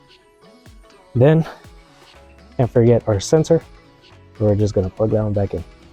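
A plastic electrical sensor wiring connector is handled as it is about to be plugged back onto the intake air sensor on the air box of a Crown Vic during an air filter change, while someone talks over faint background music. A brief soft tap is heard at about 0.7 s, but nothing has seated or clicked yet.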